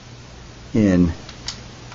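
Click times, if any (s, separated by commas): 1.5 s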